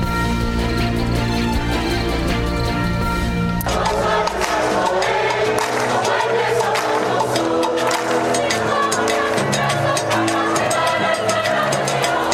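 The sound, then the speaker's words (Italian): A large crowd in Plaza Revolución in Havana, Cuba, welcoming the Pope, cheering and roaring in a dense, continuous wash of voices, loud and sustained, after a few seconds of low, steady droning at the start. “È la folla in Plaza Revolución a La Habana che ha accolto il Papa che appunto sta facendo questo viaggio a Cuba, poi sarà negli Stati Uniti.”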